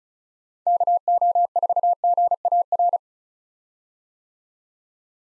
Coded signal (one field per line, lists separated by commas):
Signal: Morse code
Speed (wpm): 36 wpm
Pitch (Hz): 700 Hz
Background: none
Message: KO4GAR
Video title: 2023 POTA Activator Call Signs - 35wpm